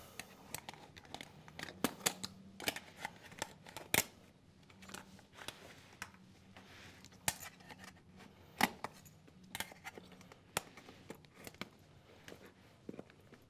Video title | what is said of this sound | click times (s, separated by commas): Jeep Grand Cherokee (2011-2016) - Dodge Durango (2011-2020) – Part 1/2 – Bottom Cover Disassembly | just work your way around pop all these off | 2.1 s, 7.3 s, 10.6 s